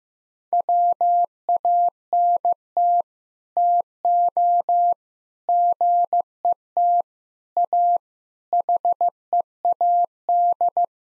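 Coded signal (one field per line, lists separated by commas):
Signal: Morse code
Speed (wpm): 15 wpm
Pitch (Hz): 700 Hz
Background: none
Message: WANT TO GET AHEAD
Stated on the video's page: Sets of nine common English words sent at 15 wpm as a head-copy drill; each set is sent, spoken, then sent again.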